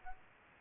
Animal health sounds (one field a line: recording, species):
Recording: mosquito wingbeat signal from an infrared sensor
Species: Aedes albopictus